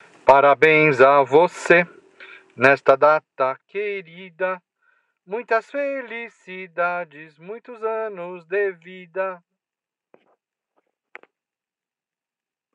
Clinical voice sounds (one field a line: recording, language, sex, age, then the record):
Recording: short text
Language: Brazilian Portuguese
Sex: male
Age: 40 to 49 years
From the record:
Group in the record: control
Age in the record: 47 years